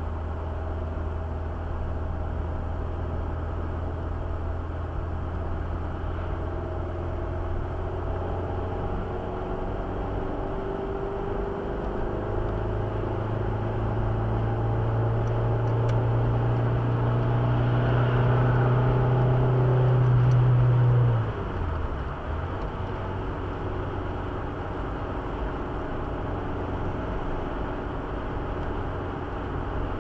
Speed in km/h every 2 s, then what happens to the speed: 62, 62, 64, 65, 67, 75, 81, 86, 91, 95, 93, 88, 86, 87, 86.
0-18 speeds up to 95. 18-30 slows to 86.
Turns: none.